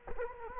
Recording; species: mosquito wingbeat signal from an infrared sensor; Culex quinquefasciatus